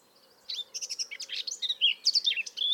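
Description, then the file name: Eurasian blackcap song: a hurried chatter of short notes leading into clearer, looping whistled phrases. "Sylvia atricapilla"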